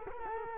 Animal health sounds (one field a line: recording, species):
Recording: mosquito wingbeat signal from an infrared sensor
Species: Culex quinquefasciatus